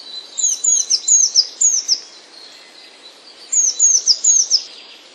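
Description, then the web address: Eurasian blue tit song: a phrase of several high, thin downslurred notes, a pause of over a second, then a similar phrase. "wroblowe teka spiew. wroblowe teka modraszkoteka"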